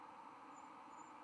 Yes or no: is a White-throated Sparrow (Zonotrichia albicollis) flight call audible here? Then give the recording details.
no. No flight call is heard. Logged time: 00:04 on 24 November 2014